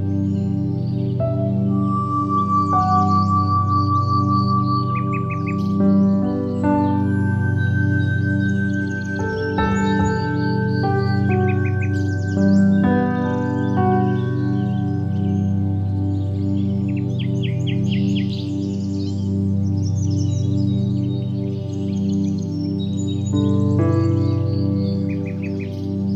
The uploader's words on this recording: Sleep Sounds: Birds and Soft Piano Music.